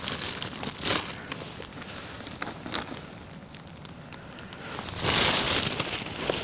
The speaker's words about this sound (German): Mittlerweile kennt ihr eigentlich das Geräusch dieser Papiertüte.